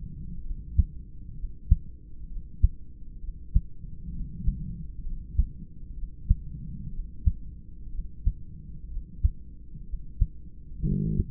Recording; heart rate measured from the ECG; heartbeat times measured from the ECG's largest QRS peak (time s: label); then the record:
heart sounds by stethoscope; 63 bpm
0.41 s: heartbeat
1.34 s: heartbeat
2.27 s: heartbeat
3.19 s: heartbeat
4.11 s: heartbeat
5.02 s: heartbeat
5.93 s: heartbeat
6.90 s: heartbeat
7.90 s: heartbeat
8.87 s: heartbeat
9.84 s: heartbeat
10.82 s: heartbeat
From the record:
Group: heart failure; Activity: rest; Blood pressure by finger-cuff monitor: 110/62 mmHg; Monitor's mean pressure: 80 mmHg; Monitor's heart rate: 64 bpm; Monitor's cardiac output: 4.5 L/min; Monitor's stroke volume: 70 mL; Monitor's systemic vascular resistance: 1300 dyn s/cm5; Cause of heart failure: idiopathic cardiomyopathy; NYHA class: 2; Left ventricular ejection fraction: 17%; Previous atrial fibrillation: present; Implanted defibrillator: present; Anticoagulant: edoxaban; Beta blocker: bisoprolol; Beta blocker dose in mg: 7.5 twice daily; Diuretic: furosemide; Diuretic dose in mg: 20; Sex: male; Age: 63 years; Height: 160 cm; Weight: 69 kg